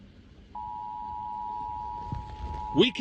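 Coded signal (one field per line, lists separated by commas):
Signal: Emergency Alert System (SAME) tones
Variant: 853 and 960 Hz attention tone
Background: speech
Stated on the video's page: Missoula Required Monthly Test run on a Saturday, the first on a weekend.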